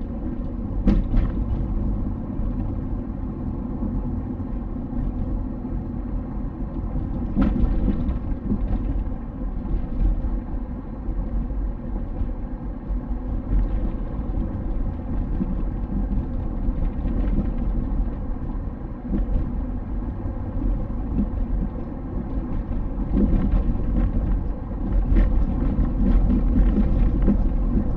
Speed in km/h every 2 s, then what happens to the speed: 47, 45, 47, 47, 46, 47, 51, 52, 51, 52, 54, 54, 54, 54.
0-28 speeds up to 54.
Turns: none.